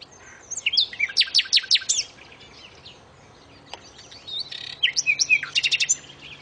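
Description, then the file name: Common nightingale song: a fast series of loud, sharp repeated notes, a brief pause, then another rapid run of strong, piping notes. "suara burung nightingale om kicau"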